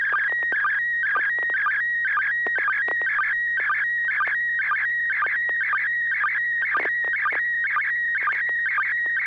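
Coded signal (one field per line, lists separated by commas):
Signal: SSTV (slow-scan television)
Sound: warbling, chirpy tone hovering around a steady whistle, with rhythmic low blips repeating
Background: low hum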